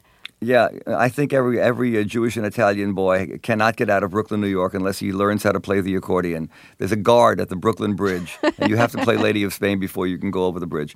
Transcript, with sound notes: Yeah. I think every Jewish and Italian boy cannot get out of Brooklyn, N.Y., unless he learns how to play the accordion. There's a guard at the Brooklyn Bridge.
(Laughter).
And you have to play "Lady Of Spain" before you can go over the bridge.